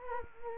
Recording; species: mosquito wingbeat signal from an infrared sensor; Culex quinquefasciatus